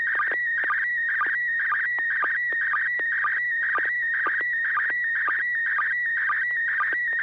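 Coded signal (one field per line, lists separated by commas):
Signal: SSTV (slow-scan television)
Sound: steady warbling tone near 2 kHz with rhythmic low chirps about twice a second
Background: FM hum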